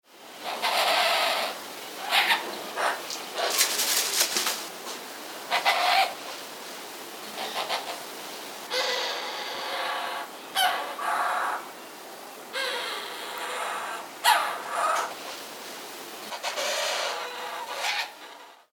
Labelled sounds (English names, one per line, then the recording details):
White-crested Hornbill
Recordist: Tembrock, Günter
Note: Paar: diverse Lautformen